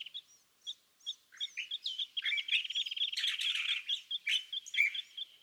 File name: California Thrasher